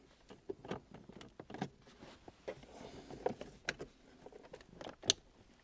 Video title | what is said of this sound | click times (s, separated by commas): Hyundai Santa Fe 2013-2018 Remote Starter - How To install - MyKey Premium | just like that make sure it clicks | 5.1 s